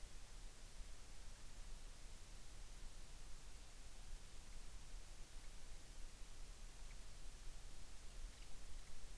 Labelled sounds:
near silence

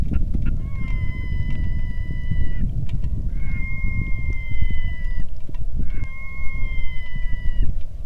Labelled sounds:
loon
wind
rain

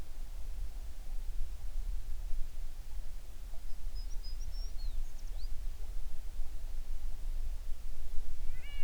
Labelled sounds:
songbird

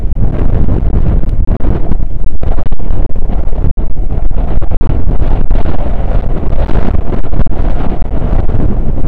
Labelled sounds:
wind

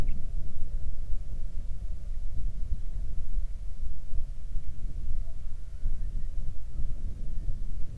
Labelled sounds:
bird
wind
aircraft

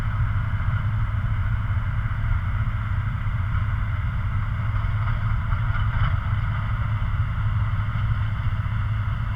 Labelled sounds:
machinery
flare stack

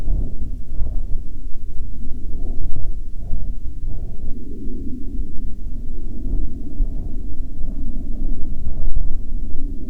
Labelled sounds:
aircraft

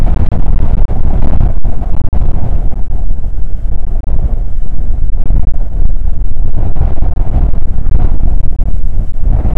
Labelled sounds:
wind

